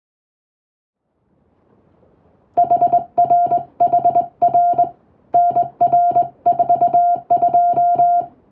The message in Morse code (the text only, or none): HRHR NR42